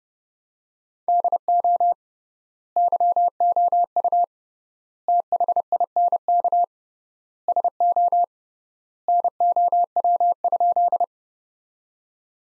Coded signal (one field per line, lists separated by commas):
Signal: Morse code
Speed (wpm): 30 wpm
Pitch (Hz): 700 Hz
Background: none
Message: DO YOU THINK SO NOW?